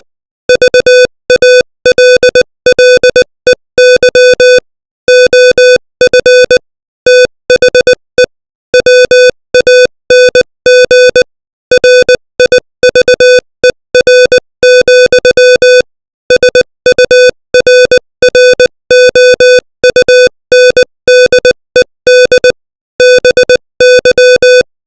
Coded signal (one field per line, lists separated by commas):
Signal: Morse code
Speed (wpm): 20 wpm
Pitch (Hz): 500 Hz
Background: music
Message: VALLEY OF THE WANG RIVER, SURROUNDED BY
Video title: Morse Code 20 WPM : Lampang